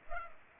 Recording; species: mosquito wingbeat signal from an infrared sensor; Culex pipiens